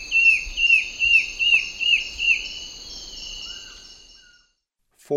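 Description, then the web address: Slate-colored antbird giving six evenly spaced, slurred whistled notes that drop slightly in pitch, over insect buzzing that later fades out. A brief sharp noise follows near the end. Eastern lowlands of South America. "Natures Songs S America Eastern Lowlands. Slate-colored Antbird"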